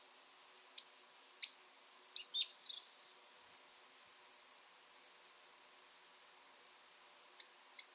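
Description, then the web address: Bird delivering a three-second phrase of very high thin whistles and ticks, then a long silence before a similar phrase starts near the end. "cianscape. Deverinetal 2025. Bird Only"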